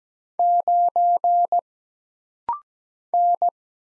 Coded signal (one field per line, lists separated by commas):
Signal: Morse code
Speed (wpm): 17 wpm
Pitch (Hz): 700 Hz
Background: none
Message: 9 N